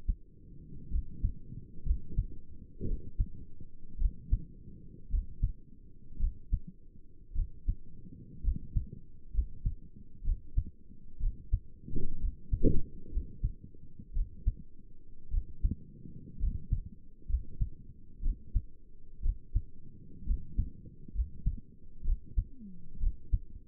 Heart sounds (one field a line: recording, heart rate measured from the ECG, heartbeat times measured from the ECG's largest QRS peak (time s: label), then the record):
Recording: heart sounds by stethoscope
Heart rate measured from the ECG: 60 bpm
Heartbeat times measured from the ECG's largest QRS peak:
0.91 s: heartbeat
1.86 s: heartbeat
2.87 s: heartbeat
4.00 s: heartbeat
5.11 s: heartbeat
6.20 s: heartbeat
7.35 s: heartbeat
8.44 s: heartbeat
9.34 s: heartbeat
10.25 s: heartbeat
11.21 s: heartbeat
12.21 s: heartbeat
13.12 s: heartbeat
14.15 s: heartbeat
15.32 s: heartbeat
16.40 s: heartbeat
17.29 s: heartbeat
18.23 s: heartbeat
19.23 s: heartbeat
20.27 s: heartbeat
21.15 s: heartbeat
22.06 s: heartbeat
23.01 s: heartbeat
From the record:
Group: healthy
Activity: rest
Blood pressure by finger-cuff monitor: 100/54 mmHg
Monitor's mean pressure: 69 mmHg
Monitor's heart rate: 58 bpm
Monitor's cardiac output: 5.8 L/min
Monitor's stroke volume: 98 mL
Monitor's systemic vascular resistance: 820 dyn s/cm5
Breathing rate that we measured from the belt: 16 breaths a minute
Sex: male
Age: 22 years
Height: 181 cm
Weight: 79 kg